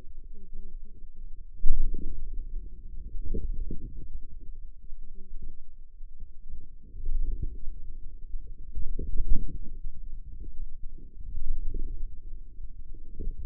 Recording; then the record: forearm muscle sounds (acoustic myography)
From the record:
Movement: wrist flexion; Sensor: system 2, bracelet of six BSWA MPA416 microphones around the upper forearm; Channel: 6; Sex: female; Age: 21 years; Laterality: right